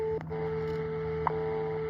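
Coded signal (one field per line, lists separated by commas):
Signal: radio time signal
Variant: WWV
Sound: steady mid-pitched tone with two brief click ticks about one second apart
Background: radio static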